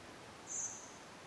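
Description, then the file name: Common blackbird call, a single very high, thin, drawn-out note over faint background noise. "Turdus merula"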